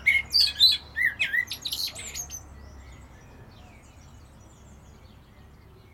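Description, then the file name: Common blackbird calls, a rapid scolding chatter for about two and a half seconds that fades into quiet hiss. "Turdus merula"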